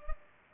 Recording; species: mosquito wingbeat signal from an infrared sensor; Culex pipiens